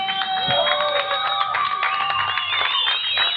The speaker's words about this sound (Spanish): Domenico Di Marco, por favor, un fuerte aplauso para Domenico también.